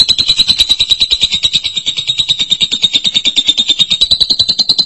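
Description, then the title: Lovebird pouring out a fast, buzzy trill of rapid pulses, with no other sounds. "BM Suara Burung Lovebird"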